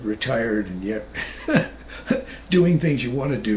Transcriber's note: laughs